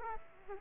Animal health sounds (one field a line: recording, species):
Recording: mosquito wingbeat signal from an infrared sensor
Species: Aedes aegypti